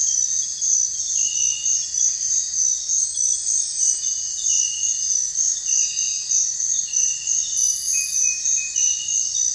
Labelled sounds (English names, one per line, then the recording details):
none
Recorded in dense forest near Puerto Asís, Putumayo, Colombia, on 26 December 2024 at 04:30
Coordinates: 0.468, -76.322
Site G071